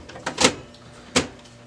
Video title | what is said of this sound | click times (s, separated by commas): Brother MFC-9125 - Onyx Imaging - Tulsa Printer Repair - Replace & Reset Belt Unit | sure it clicks all the way into place | 0.3 s